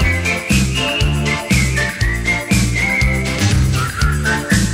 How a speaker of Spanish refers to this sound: Si sabes silbar, tu voz es más profundo. Si sabes silbar, hay música en el mundo.